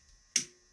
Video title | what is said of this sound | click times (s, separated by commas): Disassembly and Reassembling The A300 Outlander | There we go. Clicked and popped into place. | 0.4 s